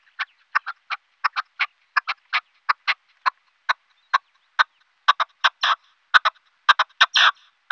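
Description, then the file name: Partridge calls, a series of short, harsh clucking notes, some doubled and some drawn into raspier bursts. "Perdiz"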